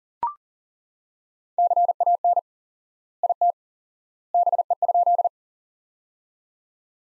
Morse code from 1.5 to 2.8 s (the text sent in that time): CAN